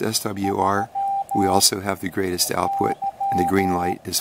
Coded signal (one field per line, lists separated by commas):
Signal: Morse code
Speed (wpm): 14 wpm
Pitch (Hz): 790 Hz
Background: speech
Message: 3 Y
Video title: SOTA Tuner vs. 4S 4SQRP Tuner--A Comparison